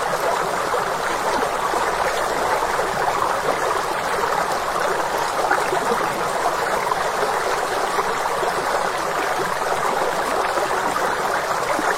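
A spring and stream babble steadily and densely, an even rush of water with bright splashing and no pauses or changes.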